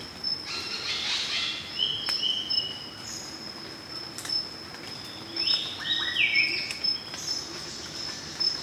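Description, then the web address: Spangled drongo giving harsh chattering bursts and short flat metallic notes, spaced irregularly, over a steady high insect drone. "sound Spangled-drongo. صدای-پرنده-بوجانگای-پولکی"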